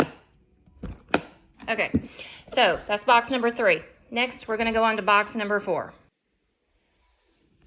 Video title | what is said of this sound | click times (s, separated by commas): Huge Harry & David Clearance Haul Unboxing! | when it closes properly there we go you can hear it click | 1.1 s